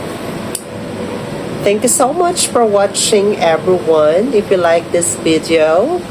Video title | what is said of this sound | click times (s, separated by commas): Level Up Your DJI Osmo Action 6 Setup! | kapag narinig mong click, it means safety na siya. Diba? | 0.6 s